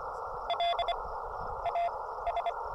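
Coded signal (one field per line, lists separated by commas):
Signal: Morse code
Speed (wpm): 25 wpm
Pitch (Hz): 690 Hz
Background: none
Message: LAS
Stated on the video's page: Morse from a summit activation using an Elecraft KX2 transceiver with a CHA MPAS Lite antenna.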